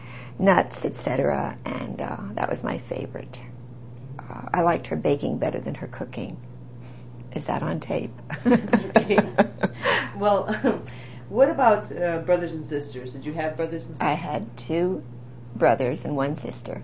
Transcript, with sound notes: nuts, et cetera, and that was my favorite. I liked her baking better than her cooking. Is that on tape? ( they laugh )
Well, what about brothers and sisters? Did you have brothers and sisters?
I had two brothers and one sister.